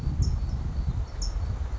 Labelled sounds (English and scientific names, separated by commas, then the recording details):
California Towhee (Melozone crissalis)
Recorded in Sonoma County, California